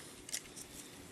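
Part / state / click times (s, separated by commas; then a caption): plastic foot into leg clip of a transforming action figure / not seated / none. The second plastic foot of a Transformers Generations Voyager Whirl action figure is handled as it is popped out and pushed down toward its clip on the leg. Brief high-pitched plastic ticks are heard around 0.3 s, with fainter rustles near 0.6 and 0.8 s over a low steady background. The foot has not clicked into its clip yet.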